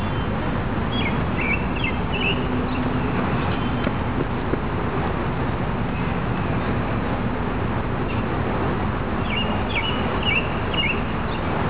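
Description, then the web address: Robin song: a short phrase of high sliding notes near the start and another near the end, with steady rushing water filling the background throughout. Recorded beside a river. "richfragrantchaos robin riverside"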